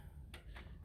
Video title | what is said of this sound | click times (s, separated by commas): storm door repair | There's the click. That's what we need. | 0.3 s